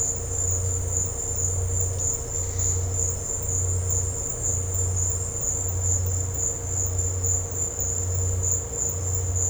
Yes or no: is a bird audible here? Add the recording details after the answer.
no. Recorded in dense forest near Puerto Asís, Putumayo, Colombia, on 13 March 2025 at 17:00. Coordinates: 0.468, -76.322. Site GP01